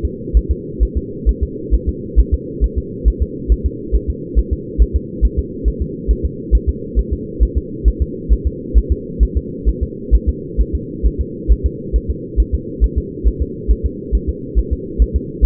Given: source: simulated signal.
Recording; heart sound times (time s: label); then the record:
fetal heart sounds
0.05 s: S2
0.37 s: S1
0.51 s: S2
0.83 s: S1
0.97 s: S2
1.29 s: S1
1.43 s: S2
1.74 s: S1
1.89 s: S2
2.19 s: S1
2.34 s: S2
2.64 s: S1
2.78 s: S2
3.08 s: S1
3.22 s: S2
3.52 s: S1
3.66 s: S2
3.95 s: S1
4.10 s: S2
4.39 s: S1
4.53 s: S2
4.82 s: S1
4.96 s: S2
5.25 s: S1
5.39 s: S2
5.68 s: S1
5.82 s: S2
6.11 s: S1
6.25 s: S2
6.55 s: S1
6.69 s: S2
6.99 s: S1
7.13 s: S2
7.43 s: S1
7.58 s: S2
7.88 s: S1
8.02 s: S2
8.33 s: S1
8.47 s: S2
8.78 s: S1
8.92 s: S2
9.23 s: S1
9.37 s: S2
9.69 s: S1
9.83 s: S2
10.15 s: S1
10.29 s: S2
10.61 s: S1
10.75 s: S2
11.06 s: S1
11.21 s: S2
11.52 s: S1
11.66 s: S2
11.96 s: S1
12.11 s: S2
12.40 s: S1
12.55 s: S2
12.84 s: S1
12.98 s: S2
13.28 s: S1
13.42 s: S2
13.71 s: S1
13.86 s: S2
14.15 s: S1
14.29 s: S2
14.59 s: S1
14.73 s: S2
15.02 s: S1
15.16 s: S2
15.45 s: S1
From the record:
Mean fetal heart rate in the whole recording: 135 bpm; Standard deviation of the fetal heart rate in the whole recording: 3 bpm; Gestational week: 34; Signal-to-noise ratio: -4.1 dB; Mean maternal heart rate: no maternal heart sound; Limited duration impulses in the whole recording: absent